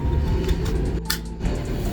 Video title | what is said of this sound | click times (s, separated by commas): 1st Gen Tundra / Sequoia Long Travel CV Axle Build | and then push until it clicks | 1.1 s